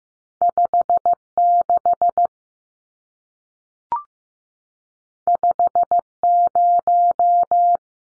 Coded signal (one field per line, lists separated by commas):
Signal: Morse code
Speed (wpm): 15 wpm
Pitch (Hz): 700 Hz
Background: none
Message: 56 50